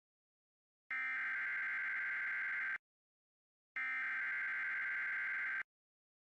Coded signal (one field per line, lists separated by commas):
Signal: Emergency Alert System (SAME) tones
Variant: header bursts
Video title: (EAS #2,691 - #2,708) LET’S TRY THIS AGAIN - EAS Alerts from 4/14/26 - 4/15/26